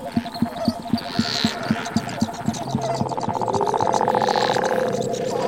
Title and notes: every sound you hear on this is a frog or a toad - recorded December 2017